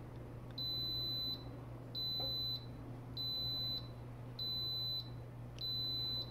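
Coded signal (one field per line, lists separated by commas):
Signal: beep code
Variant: Instant Pot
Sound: high-pitched electronic beeps, about five, evenly repeated over a low hum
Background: low electrical hum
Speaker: that's how it sounds when the saute reach the maximum pressure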